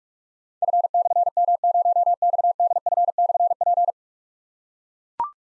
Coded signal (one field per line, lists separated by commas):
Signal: Morse code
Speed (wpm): 44 wpm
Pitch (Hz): 700 Hz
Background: none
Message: F/M0XDF/P